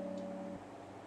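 A watch band's connector is slid into the slot of a 40mm Apple Watch case, but nothing has seated or clicked yet. A steady low tonal hum runs under faint handling noise and drops away at about 0.6 s, leaving a quieter hiss to the end.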